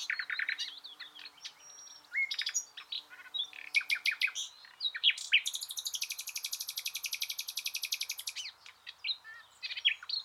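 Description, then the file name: Common nightingale singing rich, varied phrases: rapid repeated notes, whistles, and a long, high, buzzy trill lasting about three seconds before more chirped notes. "Luscinia megarhynchos"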